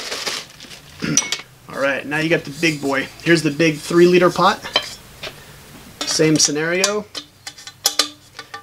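Someone talks while a detachable handle from a GSI Pinnacle Camper cookset is fitted onto the rim of its 3-litre pot, the same way as on the other pots, with a few light clanks near the end. The handle snaps in place with a sharp click at 8.0 s and is seated.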